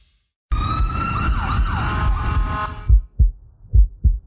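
A wailing siren cuts out, leaving a normal heartbeat heard clearly through a Littmann CORE Digital Stethoscope, its active noise cancellation removing background noise, with up to 40x amplification.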